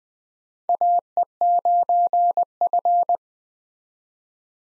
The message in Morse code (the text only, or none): AE9F